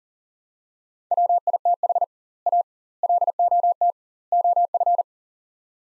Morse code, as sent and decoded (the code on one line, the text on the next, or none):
.-- .. - .... / .- / .-.. --- - / --- ..-.
WITH A LOT OF